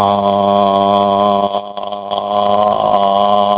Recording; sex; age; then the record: sustained vowel /a/ by telephone; male; 40 to 49 years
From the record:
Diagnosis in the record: healthy control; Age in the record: 47 years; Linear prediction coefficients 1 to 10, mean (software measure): 1.23, 0.07, -0.64, -0.69, 0.99, -0.15, 0.00, -0.37, 0.14, 0.09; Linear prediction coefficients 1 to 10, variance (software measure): 0.037, 0.080, 0.032, 0.084, 0.083, 0.051, 0.066, 0.018, 0.032, 0.007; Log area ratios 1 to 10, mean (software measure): -2.30, 1.78, 1.02, 0.07, -0.94, 1.19, 0.19, 0.11, -0.53, -0.18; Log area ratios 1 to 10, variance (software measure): 0.028, 0.283, 0.092, 0.239, 0.084, 0.083, 0.090, 0.055, 0.063, 0.027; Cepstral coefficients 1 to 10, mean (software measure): 1.23, 0.85, 0.07, -0.77, -0.14, -0.37, 0.09, 0.06, 0.00, 0.13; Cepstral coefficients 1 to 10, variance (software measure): 0.037, 0.028, 0.007, 0.027, 0.005, 0.002, 0.007, 0.004, 0.002, 0.001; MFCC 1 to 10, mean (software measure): -4.22, 1.67, 0.04, -2.24, 0.42, 0.16, 0.11, 0.07, 0.44, 0.79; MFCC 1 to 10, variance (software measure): 1.353, 0.038, 0.031, 0.043, 0.051, 0.025, 0.014, 0.029, 0.014, 0.032